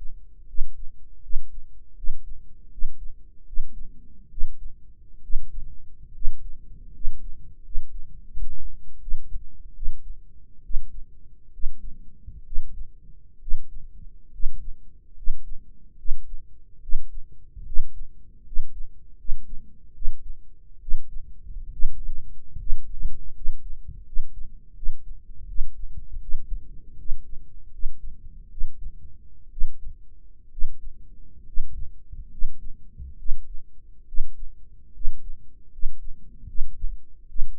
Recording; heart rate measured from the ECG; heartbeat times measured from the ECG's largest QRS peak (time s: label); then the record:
heart sounds by microphone in the right ear; 73 bpm
0.47 s: heartbeat
1.22 s: heartbeat
1.95 s: heartbeat
2.70 s: heartbeat
3.45 s: heartbeat
4.30 s: heartbeat
5.22 s: heartbeat
6.13 s: heartbeat
6.92 s: heartbeat
7.63 s: heartbeat
8.30 s: heartbeat
9.00 s: heartbeat
9.74 s: heartbeat
10.63 s: heartbeat
11.52 s: heartbeat
12.44 s: heartbeat
13.40 s: heartbeat
14.31 s: heartbeat
15.15 s: heartbeat
15.97 s: heartbeat
16.81 s: heartbeat
17.65 s: heartbeat
18.44 s: heartbeat
19.17 s: heartbeat
19.93 s: heartbeat
20.80 s: heartbeat
21.71 s: heartbeat
22.58 s: heartbeat
23.33 s: heartbeat
24.05 s: heartbeat
24.74 s: heartbeat
25.47 s: heartbeat
26.20 s: heartbeat
26.97 s: heartbeat
27.71 s: heartbeat
28.50 s: heartbeat
29.50 s: heartbeat
30.50 s: heartbeat
31.45 s: heartbeat
32.30 s: heartbeat
33.17 s: heartbeat
34.06 s: heartbeat
34.93 s: heartbeat
35.71 s: heartbeat
36.46 s: heartbeat
37.27 s: heartbeat
From the record:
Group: healthy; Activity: rest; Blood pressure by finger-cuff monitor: 164/113 mmHg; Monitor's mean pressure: 124 mmHg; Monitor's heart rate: 74 bpm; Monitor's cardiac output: 6.1 L/min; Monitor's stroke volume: 85 mL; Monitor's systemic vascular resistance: 1500 dyn s/cm5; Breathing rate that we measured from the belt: 15 breaths a minute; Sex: male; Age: 23 years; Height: 179 cm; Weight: 87 kg